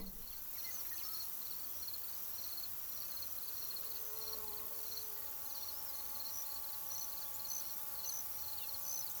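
Crickets chirp in dense pulsed trains at two pitches, joined midway by several steady droning tones.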